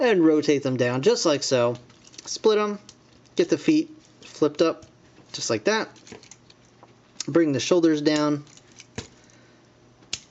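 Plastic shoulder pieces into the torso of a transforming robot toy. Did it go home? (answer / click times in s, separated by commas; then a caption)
yes / 10.1 s. Someone talks while transforming a plastic Transformers Robots in Disguise Weaponizers Strongarm robot toy, with quiet handling clicks around 6.2–6.8 s and 8.8–9.3 s as the feet are flipped and the shoulders brought down. The plastic shoulder pieces are pushed down into the torso and click sharply into their locked position at 10.1 s, seating in place.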